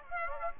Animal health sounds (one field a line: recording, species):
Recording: mosquito wingbeat signal from an infrared sensor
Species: Aedes aegypti